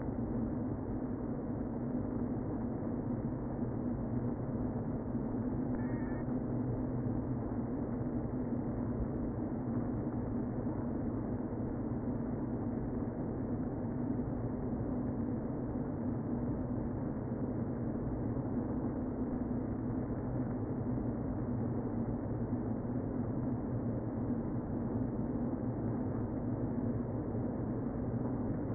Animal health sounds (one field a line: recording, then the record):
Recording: honeybee colony, microphone inside the hive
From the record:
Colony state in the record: queen present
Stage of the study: before two queens were removed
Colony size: about 60,000 bees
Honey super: yes